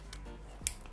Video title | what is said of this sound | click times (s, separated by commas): ✌🛠✌ #20 Projet HONDA VFR 1200 (Episode 20) ✌🛠✌ | Donc en fait ça vient se clipser avec la grosse partie ressort vers le moteur. | 0.7 s